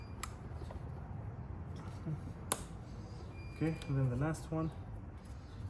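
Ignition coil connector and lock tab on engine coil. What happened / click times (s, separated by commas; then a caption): The connector and its lock tab clicked into place / 0.2 s, 2.5 s. An ignition coil connector on the engine coil of an Alfa Romeo Giulia or Stelvio 2.0T (2016–2022) is pushed on, then its plastic lock-in tab is pressed home. Two sharp clicks are heard at 0.2 s and 2.5 s, and someone talks near the end. The connector and lock tab are seated.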